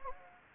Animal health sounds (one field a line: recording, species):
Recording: mosquito wingbeat signal from an infrared sensor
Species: Anopheles gambiae